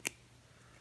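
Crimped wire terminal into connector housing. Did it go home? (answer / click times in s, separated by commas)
yes / 0.1 s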